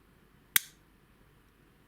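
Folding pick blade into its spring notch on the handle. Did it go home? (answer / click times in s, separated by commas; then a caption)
yes / 0.6 s. The spring-loaded steel pick of an antique folding hoof pick is opened until it snaps into its notch on the handle. A single sharp, bright snap sounds at 0.6 s and decays quickly against a quiet background. The blade locks firmly into position with a positive snap.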